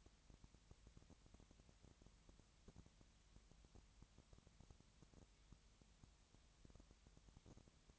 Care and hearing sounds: daily activity, microphone in the room; no activity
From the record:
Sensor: 3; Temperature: 20.6 degrees Celsius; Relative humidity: 34.7%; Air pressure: 1007.2 hPa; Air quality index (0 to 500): 137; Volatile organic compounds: 3 ppm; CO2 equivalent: 1527 ppm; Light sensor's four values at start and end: 2/3/2/2 and 2/3/2/2

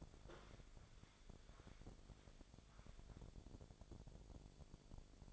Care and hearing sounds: daily activity, microphone in the room; walk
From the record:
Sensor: 5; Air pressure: 1000.6 hPa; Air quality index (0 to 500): 141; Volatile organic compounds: 2 ppm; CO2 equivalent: 1094 ppm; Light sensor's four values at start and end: 48/111/46/48 and 47/110/46/48

